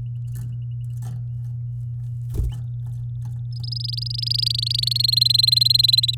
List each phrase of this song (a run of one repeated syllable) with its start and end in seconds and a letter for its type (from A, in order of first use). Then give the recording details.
3.52-4.97 A, 4.99-6.15 B. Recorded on 9 May 2018 at 10:45. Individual llb16